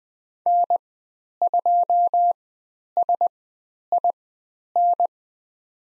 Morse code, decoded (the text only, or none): N2SIN